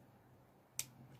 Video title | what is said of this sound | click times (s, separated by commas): Gerber BG ultimate multi tool (REVIEW) | firm open as you can hear nice | 0.8 s